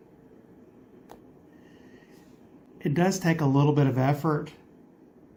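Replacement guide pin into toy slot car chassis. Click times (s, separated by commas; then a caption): 1.1 s. A replacement plastic guide pin for a TYCO US1 Trucking toy slot-car chassis is pushed by finger into its groove while the sides of the chassis are gripped. A single sharp snap sounds at 1.1 s as the pin seats into place. Then someone talks from about 2.8 s.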